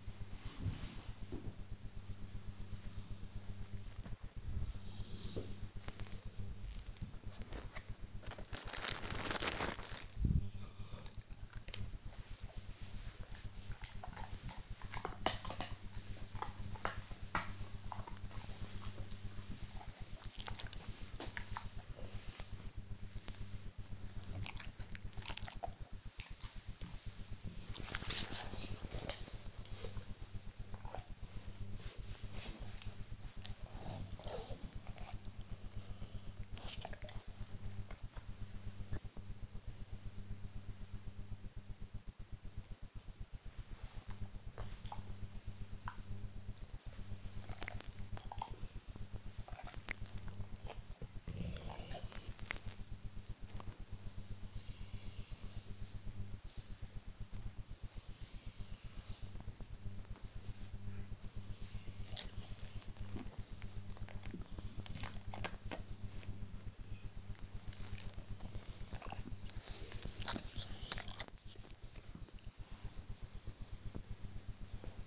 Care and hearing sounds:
household activities, microphone on the right wrist
0.00-75.07 s: petting the dog

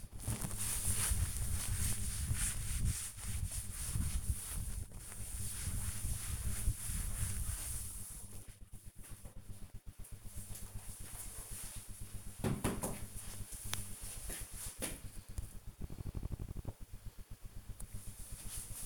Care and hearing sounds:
household activities, microphone on the right wrist
0.00-8.82 s: cleaning table

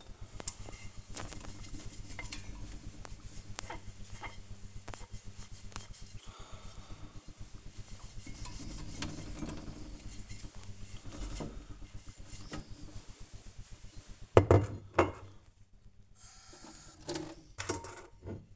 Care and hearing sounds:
household activities, microphone on the right wrist
0.00-18.56 s: washing dishes

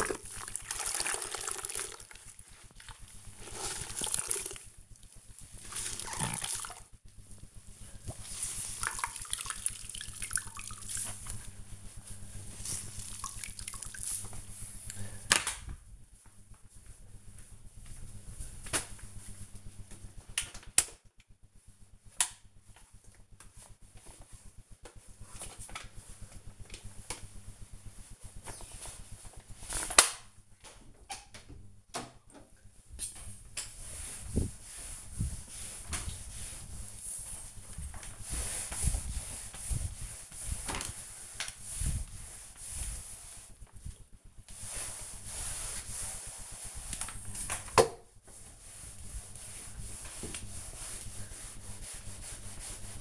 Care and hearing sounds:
household activities, microphone on the right wrist
0.00-53.01 s: floor cleaning

